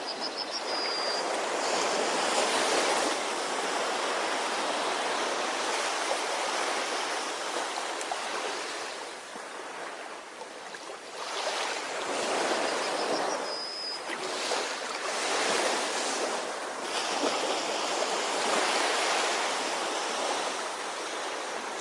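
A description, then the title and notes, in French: Ocean waves wash in a dense, steady hiss, swelling and easing every few seconds, with brief high squeaks near 1 and 14 seconds. Vague et son de l'océan.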